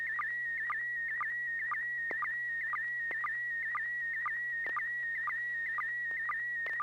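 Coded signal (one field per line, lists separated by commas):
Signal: SSTV (slow-scan television)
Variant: PD120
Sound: steady high warbling tone with regular short low blips about twice a second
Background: low electrical hum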